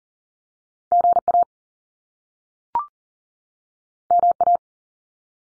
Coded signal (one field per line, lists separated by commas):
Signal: Morse code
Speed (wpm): 42 wpm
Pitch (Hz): 700 Hz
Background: none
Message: GA MA